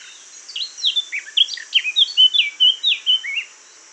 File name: Sylvia atricapilla